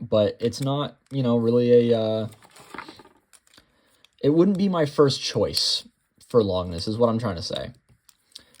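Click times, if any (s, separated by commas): 8.4 s, 8.6 s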